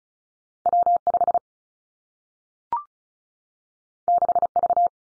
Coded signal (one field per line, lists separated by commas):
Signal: Morse code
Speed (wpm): 36 wpm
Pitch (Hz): 700 Hz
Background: none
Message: W 5 6 V